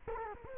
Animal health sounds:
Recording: mosquito wingbeat signal from an infrared sensor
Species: Culex quinquefasciatus

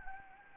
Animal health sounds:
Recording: mosquito wingbeat signal from an infrared sensor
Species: Anopheles gambiae

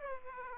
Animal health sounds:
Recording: mosquito wingbeat signal from an infrared sensor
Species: Aedes aegypti

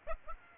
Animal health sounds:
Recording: mosquito wingbeat signal from an infrared sensor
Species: Aedes aegypti

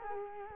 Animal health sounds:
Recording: mosquito wingbeat signal from an infrared sensor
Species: Culex quinquefasciatus

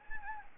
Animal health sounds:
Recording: mosquito wingbeat signal from an infrared sensor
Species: Anopheles gambiae

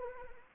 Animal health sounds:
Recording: mosquito wingbeat signal from an infrared sensor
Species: Anopheles arabiensis

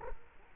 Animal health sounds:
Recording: mosquito wingbeat signal from an infrared sensor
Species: Culex quinquefasciatus

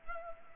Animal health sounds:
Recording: mosquito wingbeat signal from an infrared sensor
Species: Culex pipiens

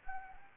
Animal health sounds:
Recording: mosquito wingbeat signal from an infrared sensor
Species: Anopheles gambiae

